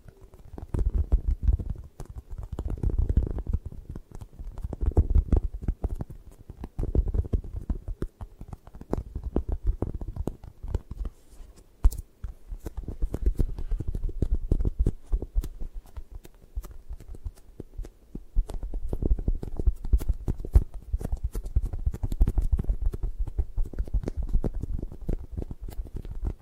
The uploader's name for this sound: 3D Eye Massage, Tapping, Scratching